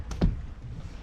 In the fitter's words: it back up and swing forward that kind of locks into place there as well this